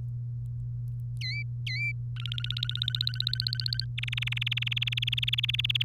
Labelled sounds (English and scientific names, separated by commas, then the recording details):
Domestic Canary (Serinus canaria) song
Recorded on 3 May 2018 at 12:20
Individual llb3